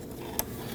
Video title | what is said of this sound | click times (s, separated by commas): How to Replace Radiator Cooling Fan 2009-2017 Volvo XC60 | You can normally feel it and hear it click in. | 0.4 s